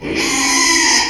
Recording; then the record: squeal of a Yucatan mini pig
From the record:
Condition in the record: after surgery on the right vocal fold (resection and tissue-engineered implant); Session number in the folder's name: 2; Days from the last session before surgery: 13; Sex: male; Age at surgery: 12 weeks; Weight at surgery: 13 kg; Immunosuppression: cyclosporine, prednisolone